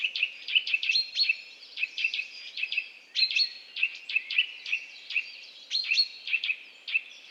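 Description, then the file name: Eurasian nuthatch calls: short sharp chirping notes repeated rapidly in uneven bursts throughout, with a few thin higher whistles mixed in. "Sitta europaea"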